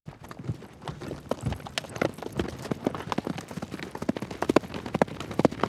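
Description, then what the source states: Horse galloping, muffled hoofbeats in a quick rolling rhythm over a constant rustling, hissing background. Steady gallop on grass.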